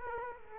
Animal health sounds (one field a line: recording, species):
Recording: mosquito wingbeat signal from an infrared sensor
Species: Culex quinquefasciatus